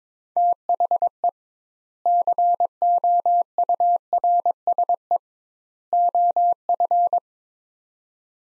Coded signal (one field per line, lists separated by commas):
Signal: Morse code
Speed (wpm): 22 wpm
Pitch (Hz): 700 Hz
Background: none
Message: THE COURSE OF